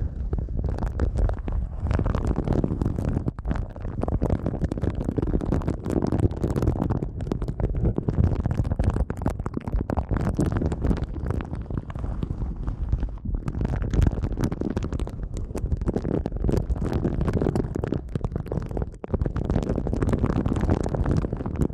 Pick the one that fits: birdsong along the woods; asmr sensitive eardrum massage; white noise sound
asmr sensitive eardrum massage